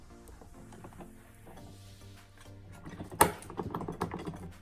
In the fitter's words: a little bit and they'll snap in place